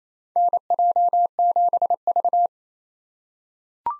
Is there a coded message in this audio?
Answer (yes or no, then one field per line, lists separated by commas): yes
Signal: Morse code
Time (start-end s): 0.4-2.5 s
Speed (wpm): 28 wpm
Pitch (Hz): 700 Hz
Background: none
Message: NJ7V